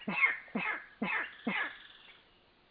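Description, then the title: Spotted rail giving four harsh notes in quick succession about half a second apart, the last trailing off. Nominate subspecies, Pardirallus maculatus maculatus. "LuckyPassaro Completos2Sama. Spotted Rail (Pardirallus maculatus maculatus)"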